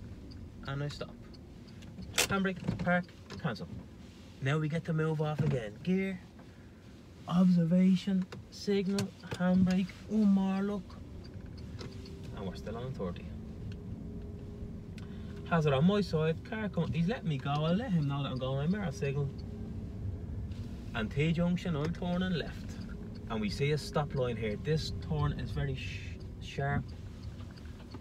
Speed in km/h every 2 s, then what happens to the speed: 0, 0, 0, 0, 0, 11, 24, 17, 16, 22, 28, 21, 12, 6.
0-9 standing. 9-12 pulls away to 24. 12-16 slows to 16. 16-19 speeds up to 28. 19-28 slows to 6.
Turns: none.